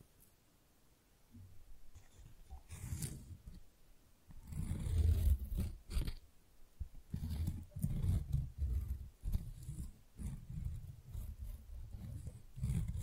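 Flower sounds made up of soft handling and rustling, starting nearly silent before building after about two seconds. Heavy, low rumbling brushes and thumps dominate, broken by frequent short crisp crackles and crinkles that flick up bright and fade quickly.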